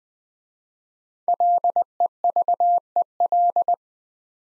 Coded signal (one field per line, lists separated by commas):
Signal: Morse code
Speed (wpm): 20 wpm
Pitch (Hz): 700 Hz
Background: none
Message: LEVEL